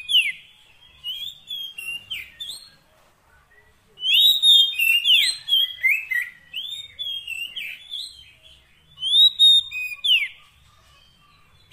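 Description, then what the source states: Oriental magpie-robin song: bright, varied whistled phrases with rising and falling slurs, given in bursts separated by short pauses. Long-duration fill-in song intended to make the bird sing vigorously day and night.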